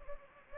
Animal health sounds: mosquito wingbeat signal from an infrared sensor; Anopheles gambiae

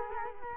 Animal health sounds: mosquito wingbeat signal from an infrared sensor; Culex quinquefasciatus

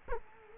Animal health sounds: mosquito wingbeat signal from an infrared sensor; Culex quinquefasciatus

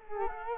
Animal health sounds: mosquito wingbeat signal from an infrared sensor; Culex quinquefasciatus

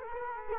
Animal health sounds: mosquito wingbeat signal from an infrared sensor; Culex quinquefasciatus

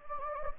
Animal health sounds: mosquito wingbeat signal from an infrared sensor; Anopheles gambiae

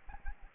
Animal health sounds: mosquito wingbeat signal from an infrared sensor; Aedes albopictus

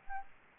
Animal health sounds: mosquito wingbeat signal from an infrared sensor; Anopheles arabiensis

